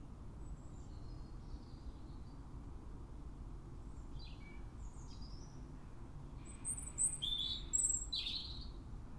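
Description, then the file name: European robin giving faint high notes at first, then a louder pair of sharp, squeaky phrases near the end, with low rumbling background noise. "Erithacus rubecula"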